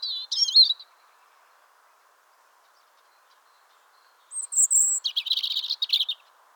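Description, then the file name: European robin song: a short warbled phrase, then silence, then a thin high whistle running into a rapid, jumbled twittering burst. "Erithacus rubecula"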